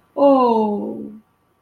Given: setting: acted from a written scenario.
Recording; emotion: vocal sound without words; sympathy